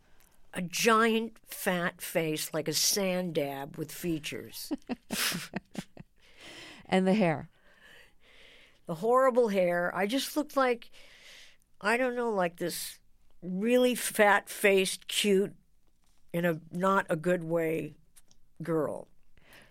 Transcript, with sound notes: A giant, fat face, like a sanddab with features.
(LAUGHTER)
And the hair?
The horrible hair. I just looked like - I don't know, like, this really fat-faced, cute in a - not a good way girl.